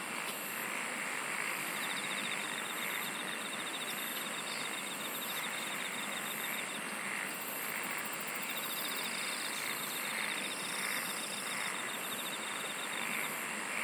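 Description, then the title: Insects trilling in rapid pulses that come and go, with a sustained shrill tone above and continuous hiss throughout. "SINGING OF INSECTS"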